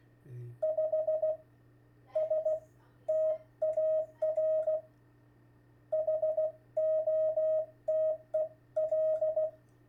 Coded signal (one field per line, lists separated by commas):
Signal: Morse code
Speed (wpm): 16 wpm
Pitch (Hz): 630 Hz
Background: radio noise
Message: 5 STAR HOTEL